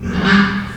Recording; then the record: squeal of a Yucatan mini pig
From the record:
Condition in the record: after surgery on the right vocal fold (resection and tissue-engineered implant); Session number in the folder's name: 15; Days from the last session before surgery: 175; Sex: female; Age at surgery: 19 weeks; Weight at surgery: 25 kg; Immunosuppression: prednisolone